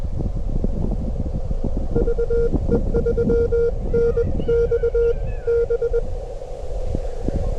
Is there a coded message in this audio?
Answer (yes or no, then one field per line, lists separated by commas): yes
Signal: Morse code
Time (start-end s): 2.0-6.0 s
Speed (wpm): 22 wpm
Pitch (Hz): 500 Hz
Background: none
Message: VE3NXB